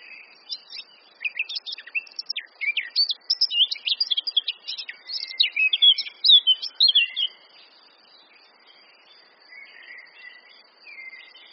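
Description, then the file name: Eurasian blackcap song, a long run of rapid chattering and warbled notes, then faint quieter notes. "Sylvia atricapilla"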